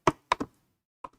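A DDR5 memory module is pressed down with the thumbs into an ASRock Steel Legend Z790 motherboard DIMM slot, with both ends going in at the same time. Sharp clicks at 0.1 and 0.3 seconds are followed by a softer click at 0.4 seconds and faint taps around 1.0 seconds. The retention latches click and the module is seated.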